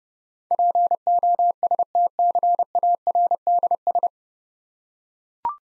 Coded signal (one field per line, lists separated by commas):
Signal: Morse code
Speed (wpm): 30 wpm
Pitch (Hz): 700 Hz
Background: none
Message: POSTCARDS